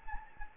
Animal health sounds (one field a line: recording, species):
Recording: mosquito wingbeat signal from an infrared sensor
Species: Anopheles gambiae